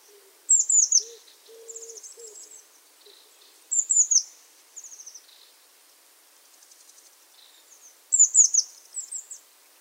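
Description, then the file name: Eurasian blue tit calls: short bursts of very high, thin descending notes in quick runs, three bouts about four seconds apart, with soft low hooting notes early on. "Cyanistes caeruleus"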